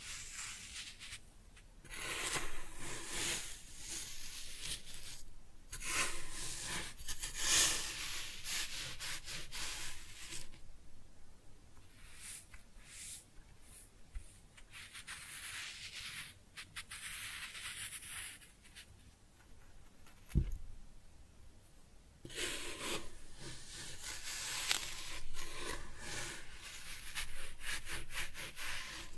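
Kinetic sand is cut and scooped in repeated grainy, crumbly strokes, bright and hissy, coming in bursts of a second or two with brief quiet gaps. A sharp knock lands around the twentieth second, then the soft scraping resumes steadily to the end.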